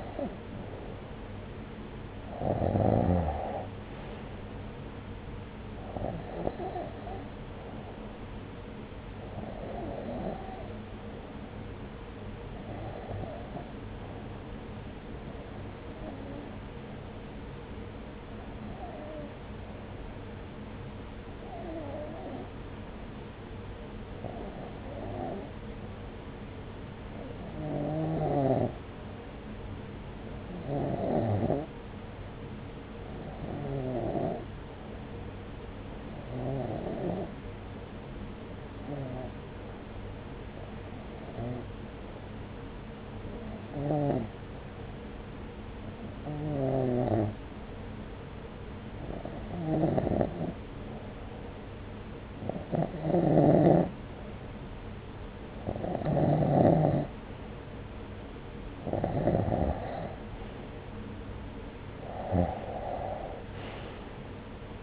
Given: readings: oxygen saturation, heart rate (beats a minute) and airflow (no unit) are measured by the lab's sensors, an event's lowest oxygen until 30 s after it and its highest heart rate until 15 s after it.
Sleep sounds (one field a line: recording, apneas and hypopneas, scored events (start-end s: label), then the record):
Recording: breathing in sleep by a voice recorder at the bedside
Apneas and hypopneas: 1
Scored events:
14.00-52.00 s: hypopnea (REM, oxygen 95% highest, then 91% lowest)
From the record:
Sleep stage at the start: REM sleep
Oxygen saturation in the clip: 88 to 95%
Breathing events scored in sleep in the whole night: 303 in 8.1 hours asleep